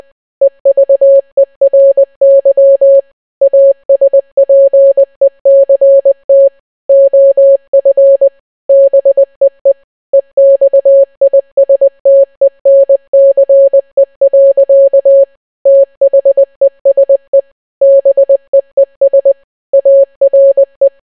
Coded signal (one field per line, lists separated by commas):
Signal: Morse code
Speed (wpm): 20 wpm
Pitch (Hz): 550 Hz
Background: none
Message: EVERY ASPECT OF BEE EXISTENCE. THESE BEES ARE